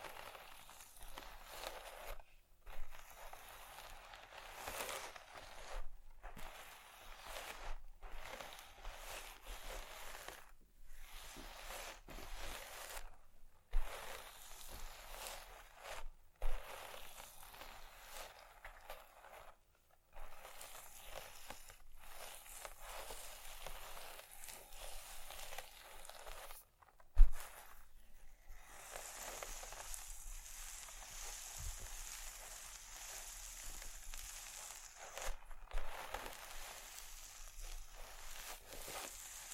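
Bright scratching and rubbing on wood and vinyl, choppy with brief pauses, sharp taps near 14, 16 and 27 seconds.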